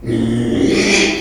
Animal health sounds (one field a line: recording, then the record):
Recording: squeal of a Yucatan mini pig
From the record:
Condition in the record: after surgery on the right vocal fold (resection and tissue-engineered implant)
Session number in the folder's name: 2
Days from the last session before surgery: 13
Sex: male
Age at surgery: 12 weeks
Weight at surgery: 13 kg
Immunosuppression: cyclosporine, prednisolone